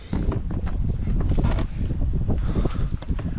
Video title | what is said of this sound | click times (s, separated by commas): PEREKUPINAM MOTOROLERIUS Į MINUSĄ #1 YAMAHA NEOS UŽ 440EUR | O sėdynė neužsifiksuoja pas jį. | none